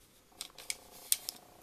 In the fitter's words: and you twist it till you hear a click, and it's secure.